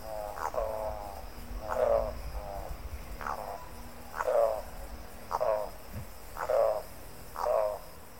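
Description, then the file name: Spot-billed Toucanet giving low, hoarse croaking notes with a buzzy, ribbed quality, repeated roughly once a second. "canto da aracaripoca grande"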